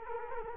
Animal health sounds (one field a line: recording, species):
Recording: mosquito wingbeat signal from an infrared sensor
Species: Culex quinquefasciatus